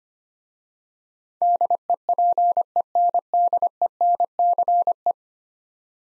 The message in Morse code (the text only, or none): DEPENDENCE